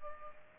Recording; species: mosquito wingbeat signal from an infrared sensor; Aedes aegypti